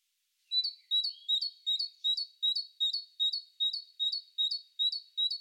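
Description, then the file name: Great tit song: a long, steady run of about thirteen ringing two-note phrases, with a few short lower notes near the start. "Parus major"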